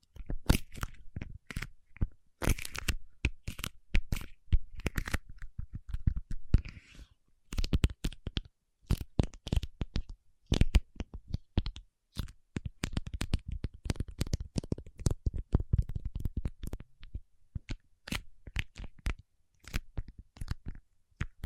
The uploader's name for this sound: Paraffin Wax Peeling, Tapping and Scratching